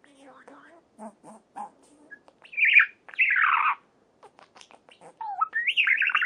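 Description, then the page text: Budgerigar calls: soft clicks and low chatter at first, then two loud harsh squawks, ending with a rising whistle and chirpy chatter. "صدای مرغ عشق برای زنگ گوشی از ساعد نیوز"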